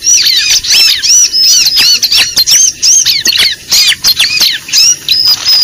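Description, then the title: Lovebird: rapid high squeaks from lovebirds, arched notes packed into short bursts with tiny pauses between them. Lure recording (pikat) made for attracting birds. "PIKAT BURUNG LOVEBIRD"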